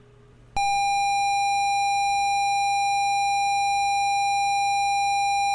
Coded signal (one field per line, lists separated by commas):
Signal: ZX Spectrum tape loading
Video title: ZX Spectrum Next News - Kickstarter No.52: The Plan!